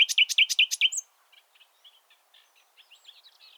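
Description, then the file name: Common nightingale song beginning with several loud, evenly repeated notes, then a stretch of faint scattered twittering. "Luscinia megarhynchos"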